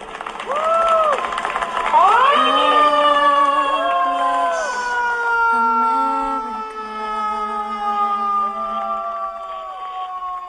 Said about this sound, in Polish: W akcie Solidarności każdego dnia o godzinie 19 ludzie wychodzą na balkony, otwierają okna, krzyczą i uderzają w garnki. Ten hałas Solidarności, jak powiedział burmistrz de Blasio, to wyjątkowe podziękowanie dla służb medycznych.